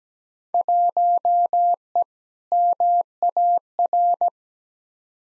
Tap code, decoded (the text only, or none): none